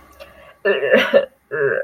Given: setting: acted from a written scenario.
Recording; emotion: vocal sound without words; disgust